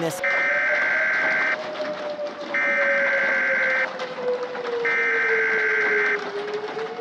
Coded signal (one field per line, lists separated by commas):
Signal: Emergency Alert System (SAME) tones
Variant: header bursts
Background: speech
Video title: “Florida Tornado Havoc” Remastered [EAS Scenario]